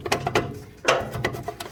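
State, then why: Seated. The front PTO driveshaft yoke of a new HD John Deere blower on a front 3-point hitch is slid onto the splined front PTO output stub of a John Deere 1025R tractor. A run of sharp, metallic, ratchet-like clicks follows. It ends as the spring collar snaps forward and locks the yoke onto the shaft at 1.3 s.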